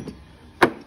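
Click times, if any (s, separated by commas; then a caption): 0.6 s. The recline lock of a Mothers Choice Nest II convertible child car seat is pushed as its plastic seat shell is moved into the newborn recline position. After a faint low thump near the start, a sharp click lands at 0.6 s as the recline lock engages. The seat is now locked in the newborn recline position.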